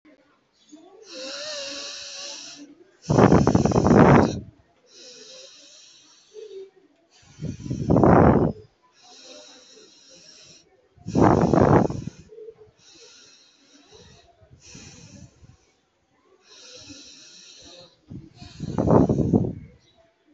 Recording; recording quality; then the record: deep breathing; excellent, no background noise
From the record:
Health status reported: healthy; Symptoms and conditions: asthma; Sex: male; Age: 31 years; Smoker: not ticked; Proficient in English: yes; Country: India